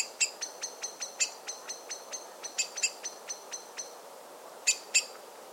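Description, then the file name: Common blackbird calls: a rapid, steady string of thin, high ticking notes, ending with two louder clicks after a pause. "Turdus merula"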